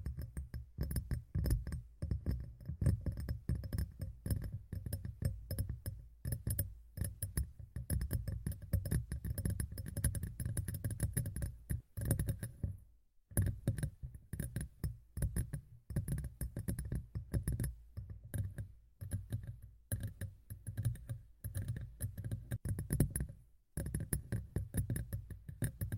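ASMR tapping in dense, irregular bursts of soft low knocks and clicks, with brief silent breaks near 13 and 23 seconds.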